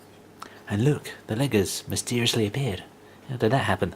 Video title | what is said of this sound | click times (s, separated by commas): DeAgostini Build Your Own R2D2 Issues 29 and 30 - The Epic Edition | are going into the sides like so you just snap them in and | 0.4 s